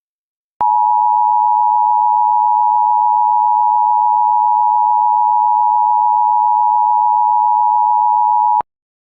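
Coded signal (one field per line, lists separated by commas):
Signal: Emergency Alert System (SAME) tones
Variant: 853 and 960 Hz attention tone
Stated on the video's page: Fictional EAS scenario, remastered, not a real alert.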